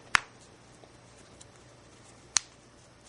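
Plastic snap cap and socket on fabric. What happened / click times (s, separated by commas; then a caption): Plastic snap clicks closed / 0.2 s, 2.4 s. A freshly attached size 20 plastic snap, cap and socket on fabric, is opened and closed by hand to check that it was fitted properly. Two sharp, bright clicks ring out at 0.2 s and 2.4 s over a quiet background, confirming the snap is seated and clicks closed.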